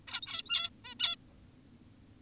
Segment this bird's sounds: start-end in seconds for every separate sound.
0.08-0.70, 0.85-0.95, 1.00-1.16